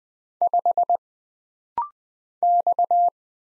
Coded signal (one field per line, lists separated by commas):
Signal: Morse code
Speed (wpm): 20 wpm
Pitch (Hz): 700 Hz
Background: none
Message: 5 X